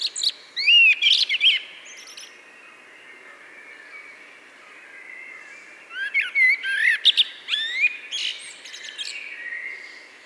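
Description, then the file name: Common blackbird song, a fluty rising and falling phrase ending in thin high squeaks, heard twice with a lull of soft background noise between. "Turdus merula"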